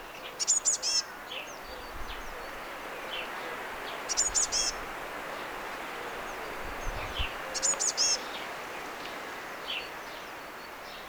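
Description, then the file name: Eurasian blue tit calls: short bursts of very high, thin notes repeated about every four seconds, over a continuous outdoor hiss with faint chirps. "Cyanistes caeruleus"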